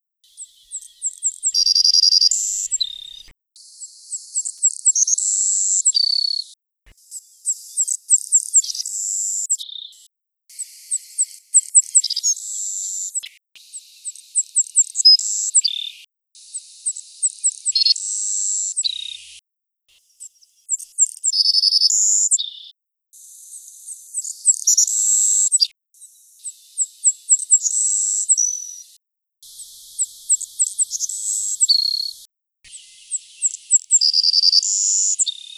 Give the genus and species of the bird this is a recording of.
Passerculus sandwichensis